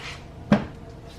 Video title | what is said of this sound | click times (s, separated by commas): How to Replace the Engine Air Filter on a 2011-2018 Volkswagen Jetta - Audi A3 e-tron | check this one over here and then push down until it locks | 0.5 s